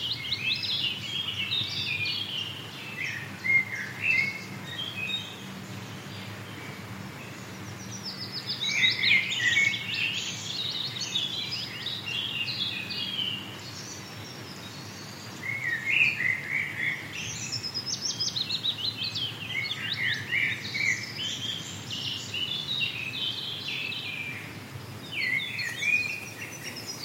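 A forest soundscape filled with bird song: bursts of bright, quick chirps and trills come in clusters around 1–5, 8–12, 15–18 and 20–27 seconds. Beneath them runs a steady low hum with a faint droning tone.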